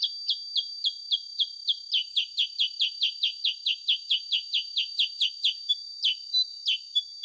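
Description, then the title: Sooty-headed bulbul giving a long, rapid series of clipped downward chirps, steady and quick, then slowing near the end, against a continuous high-pitched hum. Original voice of kutilang sutra, used as a master recording and lure (pancingan) for training songbirds. "Masteran Kutilang Sutra. SUARA ASLI KUTILANG SUTRA COCOK UNTUK PANCINGAN"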